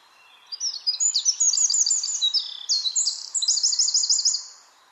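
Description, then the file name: Eurasian wren with an energetic, high-pitched song of rapid chattering notes and rattling trills, running continuously for about four seconds over faint background noise. "Troglodytes troglodytes"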